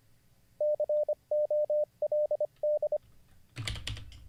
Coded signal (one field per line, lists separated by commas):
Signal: Morse code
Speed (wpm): 24 wpm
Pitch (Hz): 600 Hz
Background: none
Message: COLD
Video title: How to Learn Morse Code (Day 41) [Livestream]